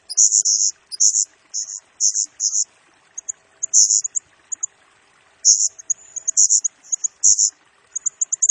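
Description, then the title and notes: Blue-crowned hanging parrot song of sharp, very high chirps delivered in dense runs, a brief quiet spell midway before the bursts resume. Serindit lure and tutoring song used to train and attract birds, in the vigorous gacor, rapid-fire nembak singing style, said to stir up all birds. "Burung Serindit Nembak Gacor Bikin Emosi Semua Burung. Suara Nasteran Dan Pemikat Burung Serinditan Gacor"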